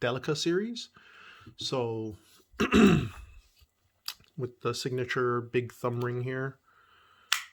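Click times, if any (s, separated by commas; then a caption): 7.3 s. A Spyderco Endura 4 folding knife with mahogany Pakkawood handles and a HAP40/SUS410 laminated steel blade is opened by its big thumb hole while someone talks. The blade locks open in its lockback mechanism with a sharp snap at 7.3 s, and the lockback is seated.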